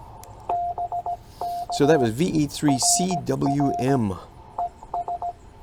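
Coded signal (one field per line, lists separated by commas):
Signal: Morse code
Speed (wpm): 17 wpm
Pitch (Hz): 700 Hz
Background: speech, radio noise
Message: BK RR ES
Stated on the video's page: Park (POTA) activation, calling for over an hour and a half with few contacts; captioned CW copy practice.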